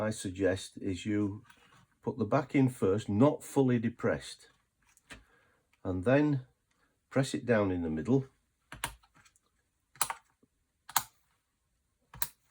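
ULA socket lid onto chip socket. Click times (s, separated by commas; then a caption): 8.8 s, 10.0 s, 11.0 s, 12.2 s. Someone talks while the plastic lid of an Electron ULA chip socket is pressed down, first in the middle and then firmly at each corner. Sharp clicks are heard at 8.8, 10.0, 11.0 and 12.2 seconds as the lid clips down onto the socket and seats.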